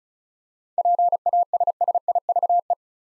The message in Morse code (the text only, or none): PASSIVE